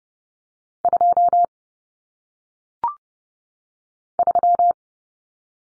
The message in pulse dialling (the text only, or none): none